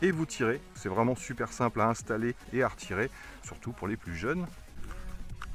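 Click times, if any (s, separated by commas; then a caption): none. Someone talks over background music while handling a plastic smart flight battery pack, held by a clip at the front, and pushing it into the body of an Eachine E120 mini RC helicopter, a BO-105 replica. Nothing has seated or clicked yet.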